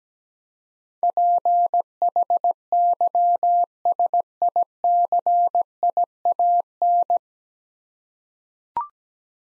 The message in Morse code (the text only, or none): PHYSICIAN